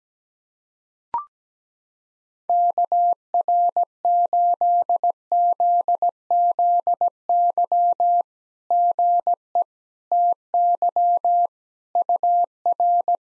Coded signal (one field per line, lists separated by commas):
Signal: Morse code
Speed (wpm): 17 wpm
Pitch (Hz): 700 Hz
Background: none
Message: KR8ZZY GE TY UR